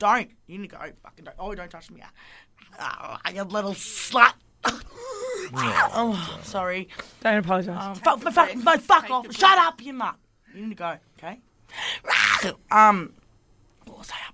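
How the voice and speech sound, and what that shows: Speech from an adult woman with Tourette syndrome, in a conversation broken by frequent loud vocal tics with coprolalia: sudden shouted swearing, insults and phrases such as "don't touch me" and "shut up", each followed by apologies, between stretches of ordinary talk and pauses.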